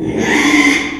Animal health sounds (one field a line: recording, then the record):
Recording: squeal of a Yucatan mini pig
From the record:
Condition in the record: after surgery on the right vocal fold (resection and tissue-engineered implant)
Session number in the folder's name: 3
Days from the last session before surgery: 33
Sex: male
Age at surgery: 12 weeks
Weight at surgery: 13 kg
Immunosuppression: cyclosporine, prednisolone